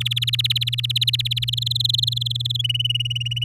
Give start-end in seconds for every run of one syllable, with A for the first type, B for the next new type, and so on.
0.00-1.50 A, 1.52-2.57 B, 2.59-3.44 C